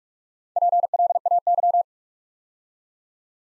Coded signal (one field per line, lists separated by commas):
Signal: Morse code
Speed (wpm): 44 wpm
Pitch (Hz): 700 Hz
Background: none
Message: PLAY